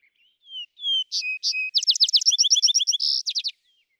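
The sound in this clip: Vesper sparrow singing: two opening whistles, two buzzy notes, then a rapid trill of repeated notes, a buzz, and short closing chips.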